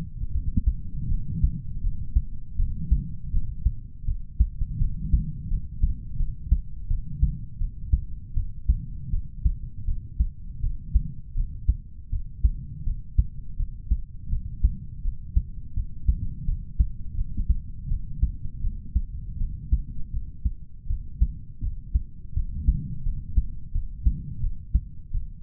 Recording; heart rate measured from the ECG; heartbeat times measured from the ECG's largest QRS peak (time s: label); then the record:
heart sounds by stethoscope; 82 bpm
0.31 s: heartbeat
1.08 s: heartbeat
1.80 s: heartbeat
2.56 s: heartbeat
3.30 s: heartbeat
4.04 s: heartbeat
4.77 s: heartbeat
5.47 s: heartbeat
6.16 s: heartbeat
6.87 s: heartbeat
7.57 s: heartbeat
8.33 s: heartbeat
9.09 s: heartbeat
9.84 s: heartbeat
10.59 s: heartbeat
11.33 s: heartbeat
12.09 s: heartbeat
12.83 s: heartbeat
13.56 s: heartbeat
14.29 s: heartbeat
15.01 s: heartbeat
15.73 s: heartbeat
16.44 s: heartbeat
17.14 s: heartbeat
17.87 s: heartbeat
18.60 s: heartbeat
19.37 s: heartbeat
20.10 s: heartbeat
20.86 s: heartbeat
21.59 s: heartbeat
22.33 s: heartbeat
23.02 s: heartbeat
23.71 s: heartbeat
24.40 s: heartbeat
25.10 s: heartbeat
From the record:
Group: healthy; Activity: rest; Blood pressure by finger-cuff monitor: 94/69 mmHg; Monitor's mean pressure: 76 mmHg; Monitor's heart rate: 82 bpm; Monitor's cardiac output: 6 L/min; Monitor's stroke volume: 74 mL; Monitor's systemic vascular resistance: 920 dyn s/cm5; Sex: male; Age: 20 years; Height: 187 cm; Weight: 68.9 kg